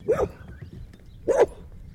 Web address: Sound Effects-Foundation 1 ANIMAL DOG BLUE HEALER BARK